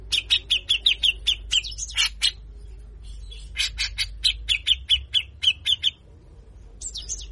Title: MASTERAN CUCAK JENGGOT GACOR FULL BESETAN KASAR. Jenggot Bahan Cepat Gacor hanya Dengar Besetanya